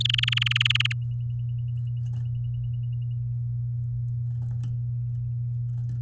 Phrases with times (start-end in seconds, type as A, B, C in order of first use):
0.00-0.93 A